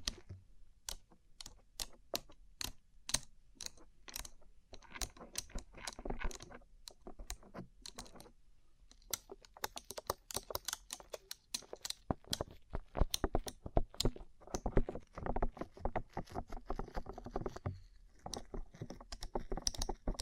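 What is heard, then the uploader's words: Rhinestone covered tapping: quick, sharp clicks in irregular bursts, much like typing on a keyboard. The taps are dense and bright, running almost continuously, with brief pauses near seven and eighteen seconds and busier, louder stretches after fifteen seconds. ASMR Rhinestone Covered Tapping 3Dio (No Talking).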